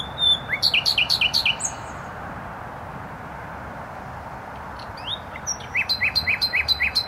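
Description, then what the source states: Nightingale song in two bursts: a rapid stuttering run of hard notes, a silence, then rising slurs leading into a quick repeated clicking series; a traffic hum continues throughout. Singing in bushes close to a noisy motorway, Trasa Toruńska, Bródno-Podgrodzie, Warsaw, Poland; recorded with an Olympus LS-11.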